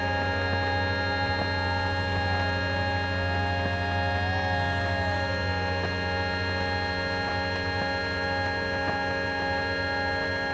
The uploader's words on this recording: By placing an Electro-Magnetic coil pick up on the bus window, I managed to capture the electrical signals and sounds of the buses hybrid electric motor spinning up. The signels where recorded on a Number 1 Bus travelling between Waterloo and New Kent Road.